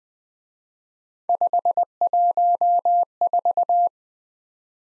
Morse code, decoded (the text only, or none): 514